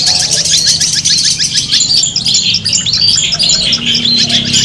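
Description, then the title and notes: Long-tailed shrike song: a busy stream of high chirps, trills and short whistled phrases that tumble without pause, over a faint low hum. Competition song of long-tailed shrikes, used as a tutor recording to build the mental steadiness of kept birds. "Suara Lomba untuk Terapi Mental Cendet. Masteran Burung Cendet"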